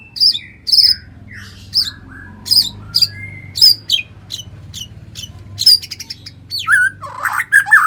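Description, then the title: White-rumped shama song, varied phrases of high sharp notes and lower sliding whistles, delivered in bursts with short pauses, ending in a louder complex warble. "murai batu"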